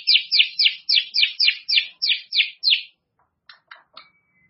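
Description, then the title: White-rumped shama song: about ten quick, sharp descending notes in an even series, followed by a few soft clicks. "murai batu"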